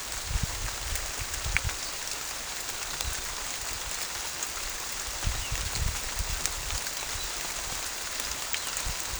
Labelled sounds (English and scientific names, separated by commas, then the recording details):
none
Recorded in pastures near Puerto Asís, Putumayo, Colombia, on 21 December 2024 at 15:00
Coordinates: 0.487, -76.322
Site GP09